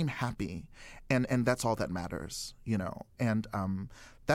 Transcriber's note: none